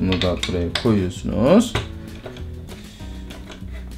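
Plastic pieces of a Barbie playset are placed into position in the playset frame while someone talks over background music. Light plastic taps and handling knocks are heard toward the end. Nothing has seated or clicked yet.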